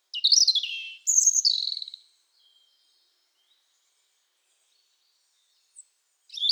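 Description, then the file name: European robin song: two high phrases of thin notes and descending trills, then a pause with faint notes and another phrase beginning. "Erithacus rubecula"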